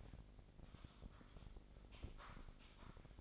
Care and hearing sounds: daily activity, microphone in the room; typing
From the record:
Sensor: 5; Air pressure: 1007.7 hPa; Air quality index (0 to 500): 95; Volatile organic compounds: 1 ppm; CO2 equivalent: 748 ppm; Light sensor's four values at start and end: 41/97/40/42 and 41/97/40/42

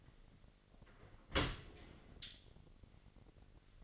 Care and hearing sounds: daily activity, microphone in the room; open dishwasher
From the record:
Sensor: 4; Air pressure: 1007.5 hPa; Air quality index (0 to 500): 201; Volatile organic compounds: 7 ppm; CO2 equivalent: 2006 ppm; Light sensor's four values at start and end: 22/70/27/26 and 23/71/27/26

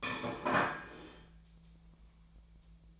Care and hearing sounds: daily activity, microphone in the room; place plate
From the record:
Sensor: 1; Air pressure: 1009.3 hPa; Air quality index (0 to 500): 196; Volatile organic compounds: 20 ppm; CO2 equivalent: 2676 ppm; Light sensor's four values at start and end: 27/68/28/33 and 26/68/28/33

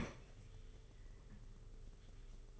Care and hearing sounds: daily activity, microphone in the room; open fridge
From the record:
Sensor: 4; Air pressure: 991.9 hPa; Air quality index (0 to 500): 106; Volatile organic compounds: 15 ppm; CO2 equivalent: 2500 ppm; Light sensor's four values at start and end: 19/65/24/24 and 19/63/23/23

